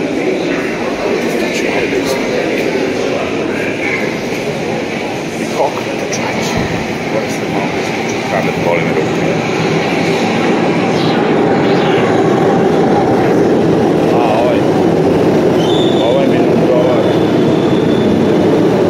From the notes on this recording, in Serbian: Šetnja po pljusku u Njujorku, malo po Subway i malo Grand Central Terminal, Pershing Square Plaza.